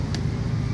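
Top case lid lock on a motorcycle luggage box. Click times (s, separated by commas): 0.1 s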